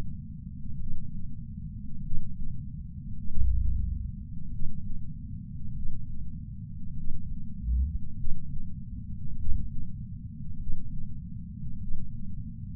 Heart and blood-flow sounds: heart sounds by patch sensor on the chest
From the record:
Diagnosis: coronary artery disease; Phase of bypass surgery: intraoperative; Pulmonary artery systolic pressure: 33 mmHg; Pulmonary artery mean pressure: 24 mmHg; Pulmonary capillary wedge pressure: 16 mmHg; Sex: male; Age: 71 years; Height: 160 cm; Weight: 67 kg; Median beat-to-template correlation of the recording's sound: 0.94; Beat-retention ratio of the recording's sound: 0.98

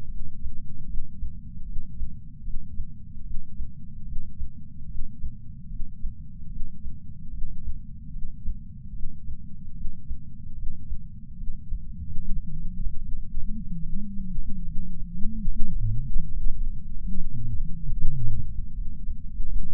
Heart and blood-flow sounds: heart sounds by patch sensor on the chest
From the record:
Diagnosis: coronary artery disease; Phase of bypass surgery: postoperative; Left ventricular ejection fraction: 62.4%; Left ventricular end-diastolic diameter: 42 mm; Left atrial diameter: 34 mm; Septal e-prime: 9 cm/s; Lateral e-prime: 10 cm/s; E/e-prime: 10.4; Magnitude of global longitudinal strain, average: 12.8%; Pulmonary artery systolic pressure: 24 mmHg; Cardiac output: 5.9 L/min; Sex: male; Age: 63 years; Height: 165 cm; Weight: 70 kg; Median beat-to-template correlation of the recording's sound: 0.92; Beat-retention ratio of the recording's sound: 0.96

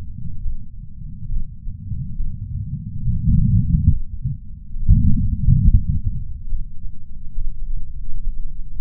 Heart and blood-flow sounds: heart sounds by patch sensor on the chest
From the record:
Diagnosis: coronary artery disease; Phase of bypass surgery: preoperative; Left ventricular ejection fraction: 58.9%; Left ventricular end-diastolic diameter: 51 mm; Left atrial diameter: 51 mm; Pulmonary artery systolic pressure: 40 mmHg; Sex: male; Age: 73 years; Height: 170 cm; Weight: 85 kg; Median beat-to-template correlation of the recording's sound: 0.81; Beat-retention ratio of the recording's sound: 0.95

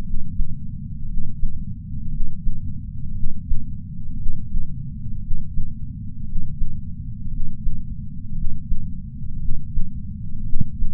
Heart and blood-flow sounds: heart sounds by patch sensor on the chest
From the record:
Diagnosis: coronary artery disease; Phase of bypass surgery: intraoperative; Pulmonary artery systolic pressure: 25 mmHg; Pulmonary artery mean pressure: 17 mmHg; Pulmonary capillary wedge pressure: 11 mmHg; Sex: male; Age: 62 years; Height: 172 cm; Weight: 60 kg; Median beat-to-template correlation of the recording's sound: 0.91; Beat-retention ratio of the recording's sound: 1.00

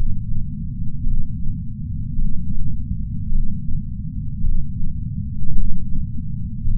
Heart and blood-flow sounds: heart sounds by patch sensor on the chest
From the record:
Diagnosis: coronary artery disease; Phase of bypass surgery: intraoperative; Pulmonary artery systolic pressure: 24 mmHg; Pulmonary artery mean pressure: 20 mmHg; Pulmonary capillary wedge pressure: 12 mmHg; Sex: male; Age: 60 years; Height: 170 cm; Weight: 103 kg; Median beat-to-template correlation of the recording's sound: 0.88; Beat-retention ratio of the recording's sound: 0.98

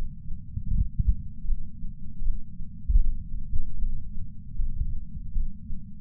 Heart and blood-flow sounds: heart sounds by patch sensor on the chest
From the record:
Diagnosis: coronary artery disease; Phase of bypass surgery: intraoperative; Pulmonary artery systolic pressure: 27 mmHg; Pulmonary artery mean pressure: 19 mmHg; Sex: male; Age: 74 years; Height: 170 cm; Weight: 75 kg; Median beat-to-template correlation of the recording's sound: 0.89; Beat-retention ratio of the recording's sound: 0.97

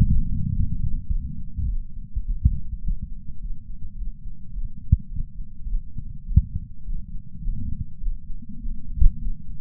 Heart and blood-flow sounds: heart sounds by patch sensor on the chest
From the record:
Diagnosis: coronary artery disease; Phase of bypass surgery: postoperative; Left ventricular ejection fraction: 62.1%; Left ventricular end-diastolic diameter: 45 mm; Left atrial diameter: 33 mm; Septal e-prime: 6.9 cm/s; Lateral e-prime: 10.6 cm/s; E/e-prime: 10.6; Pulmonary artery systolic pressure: 22 mmHg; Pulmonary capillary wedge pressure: 8 mmHg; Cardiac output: 5.1 L/min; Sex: female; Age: 52 years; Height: 163 cm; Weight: 80 kg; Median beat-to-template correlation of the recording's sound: 0.72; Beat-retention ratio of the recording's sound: 0.98

